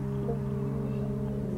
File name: μέλισσα